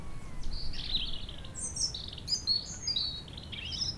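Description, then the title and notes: European robin song, a quick sequence of high thin warbled and trilled phrases, with wind rumbling steadily underneath. Robin singing nearby, in sun on the sloping lawn of Châtillon beach, Chindrieux, France, sheltered from the north wind, with wind murmuring in the trees. "80 Chem. des Rubellines, 73310 Chindrieux, France - rouge gorge. Au soleil sur la pelouse en pente de la plage de Châtillon , à l'abri du vent du Nord , un rouge gorge chante non loin , rumeur du vent dans les arbres"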